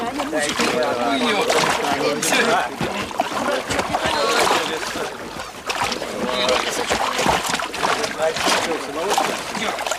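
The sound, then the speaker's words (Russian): Fishermen haul a net with a barrel caught in it out of a river in Khomutovo, Russia: steady splashing and sloshing runs throughout, with men's voices talking and calling over the busy, continuous wet churn. “Рыбаки тянут из воды сеть.”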